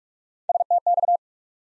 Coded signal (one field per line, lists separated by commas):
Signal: Morse code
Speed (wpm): 47 wpm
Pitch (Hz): 700 Hz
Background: none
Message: STX